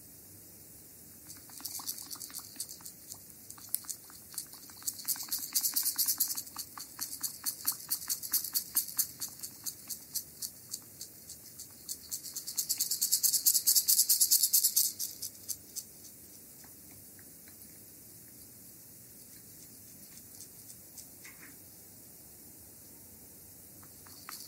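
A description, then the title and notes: Bamboo sticks tap rapidly during a body massage, a dense, crisp patter of light clicks up close. The tapping swells into two louder, brisk flurries around six and thirteen seconds, then thins to sparse taps over a faint steady hum. ASMR Bamboo full body Massage by Anna. Relaxing massage with bamboo sticks for our dear subscribers. The bamboo sticks are wrapped in a heating pad to warm them.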